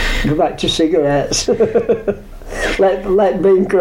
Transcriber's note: laughs